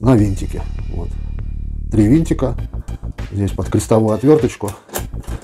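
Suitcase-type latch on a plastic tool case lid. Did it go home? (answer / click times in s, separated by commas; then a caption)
no / none. Someone talks over background music while handling a replacement suitcase-type latch that has been screwed onto the lid of a plastic tool case. A few faint, brief ticks sound, but the clip ends before the latch is closed, and nothing has snapped shut or seated yet.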